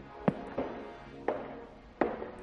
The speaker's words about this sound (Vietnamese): Tiếng bước chân cứ vang lên, vang lên như tra tấn thần kinh vậy.